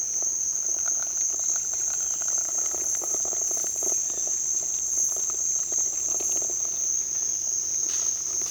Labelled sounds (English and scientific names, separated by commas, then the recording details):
none
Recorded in dense forest near Puerto Asís, Putumayo, Colombia, on 29 June 2025 at 15:00
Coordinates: 0.468, -76.322
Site GP03